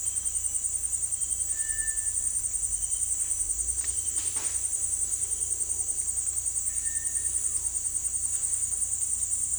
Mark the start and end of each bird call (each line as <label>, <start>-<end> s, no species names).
bird call, 1.47-2.21 s
bird call, 6.63-7.33 s